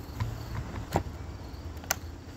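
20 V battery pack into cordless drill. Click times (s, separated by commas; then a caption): 1.9 s. A 20 V slide-on battery pack is pushed onto a cordless drill. Several soft contact taps and scrapes come first, then a sharp, loud latch click at 1.9 s as the battery seats. The tool is ready once the click is heard.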